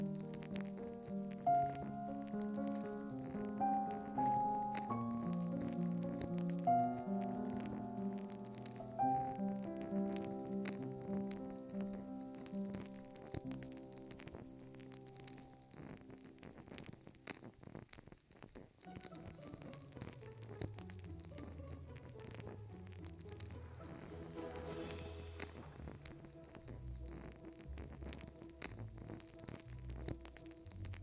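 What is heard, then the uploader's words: Classical music plays at a steady, moderate level, with a clear melody moving over sustained lower notes for the first twenty seconds. Around the nineteen-second mark the piece shifts into softer, lower chords with slowly rising and falling lines. Reading Nook w Candles and Classical Music.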